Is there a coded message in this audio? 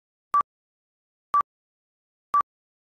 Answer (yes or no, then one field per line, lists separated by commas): no